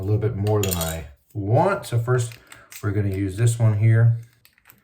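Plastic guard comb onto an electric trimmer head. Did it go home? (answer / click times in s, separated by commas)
no / none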